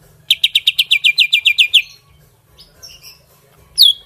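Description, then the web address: Greater green leafbird song: a rapid even run of buzzy chirps over low hum, a few soft notes, then one sharp descending note. From Kalimantan. "cucak ijo kalimantan"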